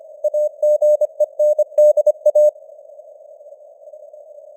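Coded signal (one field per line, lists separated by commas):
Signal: Morse code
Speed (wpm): 25 wpm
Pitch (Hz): 600 Hz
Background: none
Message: AGENDA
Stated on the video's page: Morse news headlines at 25 wpm with simulated radio noise and varying signal strength (QSB).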